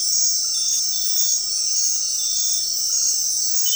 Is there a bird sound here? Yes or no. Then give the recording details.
no. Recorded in dense forest near Puerto Asís, Putumayo, Colombia, on 20 February 2024 at 21:00. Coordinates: 0.500, -76.322. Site G6465